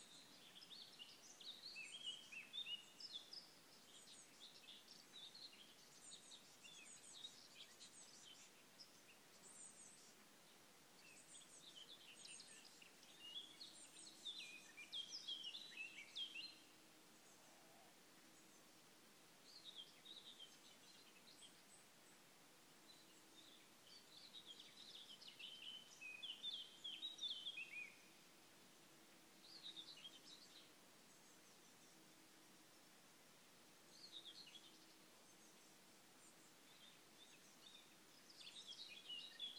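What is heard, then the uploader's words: Birdsong fills a midsummer morning outdoors, with several small birds chirping and trilling in bright, overlapping bursts that come and go every few seconds, busiest around the start, mid-teens and late twenties. A faint low steady hum and quiet hiss sit underneath throughout. Midsummer day morning at Skeppsmyra by pelles.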